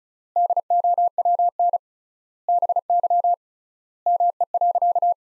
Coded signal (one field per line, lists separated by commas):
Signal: Morse code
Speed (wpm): 34 wpm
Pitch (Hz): 700 Hz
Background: none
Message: DOWN BY ME.